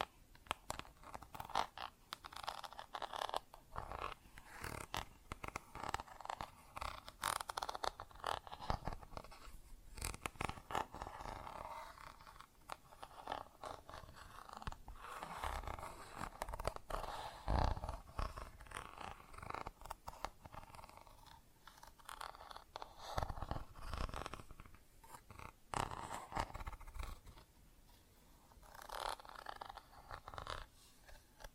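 Plastic objects tap and scratch without pause, a dense run of dry clicks and rasping scrapes. Sharper taps stand out every second or so, with louder bursts near 10 and 17 seconds. The rough scratching holds mostly in the middle and upper range.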